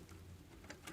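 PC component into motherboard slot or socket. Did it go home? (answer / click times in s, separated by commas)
no / none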